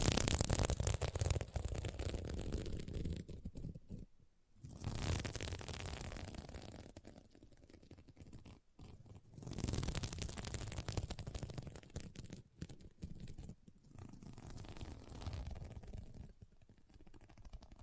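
Fingers scratch and brush across a sequin mermaid pillow in uneven rustling passes, with brief pauses near four, nine and thirteen seconds.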